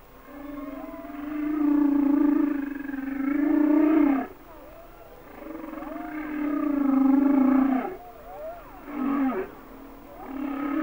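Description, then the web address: Humpback whale song: long sustained harmonic moans with wavering overtones, followed by a short swooping call and another moan. "Whale Songs Sounds of Nature - Humpback Whales"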